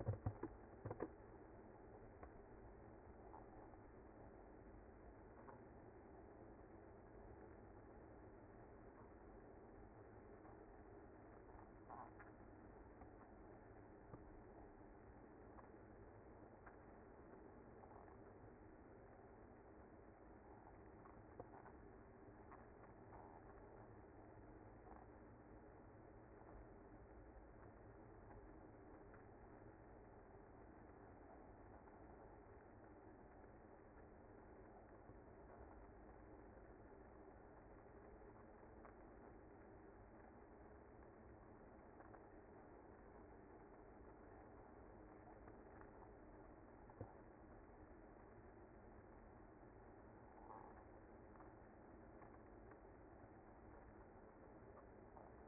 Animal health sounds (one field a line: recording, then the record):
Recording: honeybee colony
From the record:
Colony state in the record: active